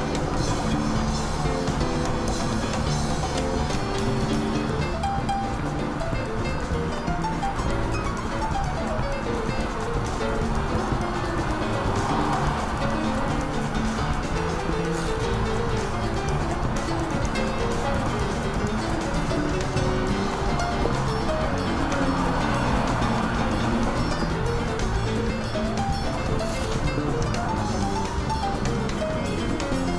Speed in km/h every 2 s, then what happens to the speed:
80, 81, 82, 82, 85, 86, 87, 87, 88, 89, 89, 88, 84, 83, 81.
0-19 speeds up to 89. 19-30 slows to 81.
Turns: none.